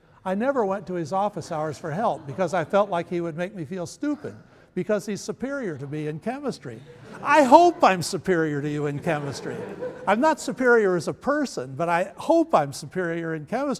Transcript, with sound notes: "I never went to his office hours for help because I felt like he would make me feel stupid, because he's superior to me in chemistry." I hope I'm superior to you in chemistry. [Laughter] I'm not superior as a person, but I hope I'm superior in chemistry.